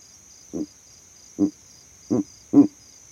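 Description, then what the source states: Verreaux's eagle owl with four gruff, low hoots roughly half a second to a second apart, under a persistent shrill insect trill. Male advertising his territory from a tree in the savanna; captured overnight by a sound recording rig set up in that same tree.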